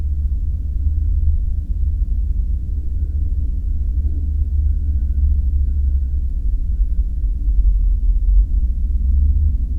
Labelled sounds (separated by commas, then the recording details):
man-made sound
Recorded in the Prudhoe Bay oil fields, Alaska, on 5 September 2019 at 00:26
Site 14